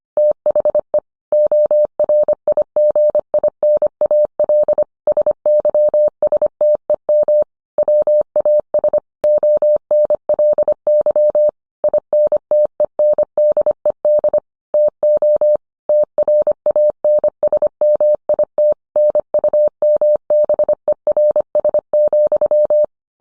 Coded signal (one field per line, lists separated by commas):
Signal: Morse code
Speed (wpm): 25 wpm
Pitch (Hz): 600 Hz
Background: none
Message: THE ORIGINAL SYSTEM WAS ONLY INTENDED TO TRANSMIT NUMBERS,